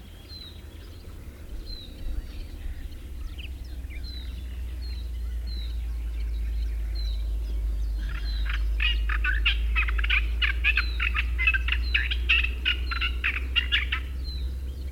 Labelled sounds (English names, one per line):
Olive-tree Warbler song